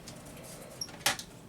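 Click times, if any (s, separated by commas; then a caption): 0.8 s, 1.1 s. After its pins are checked and it is lined up in its tracks, a motherboard assembly with its rear port panel is pushed into a vintage 1990s Compaq Presario desktop case. Over a low, steady background, a short sharp click sounds at 0.8 s, then a louder, brighter click at 1.1 s. The motherboard clicks into its tracks and is seated.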